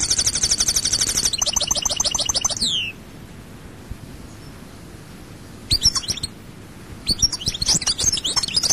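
European goldfinch singing a rapid high trill, then repeated rattling notes ending in a falling slur; after a pause, short bursts of twittering return.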